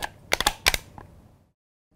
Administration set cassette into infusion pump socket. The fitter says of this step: Gently push it into the pump's cassette socket. You should hear two clicks indicating full engagement.